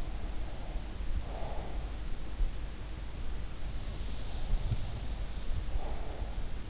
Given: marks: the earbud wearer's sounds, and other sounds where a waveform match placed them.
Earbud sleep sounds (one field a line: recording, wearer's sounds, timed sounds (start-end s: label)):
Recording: sounds in sleep by an in-ear microphone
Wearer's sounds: breath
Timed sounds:
0.13-1.84 s: breath
4.37-6.54 s: breath
4.37-6.54 s: sound from someone else or the room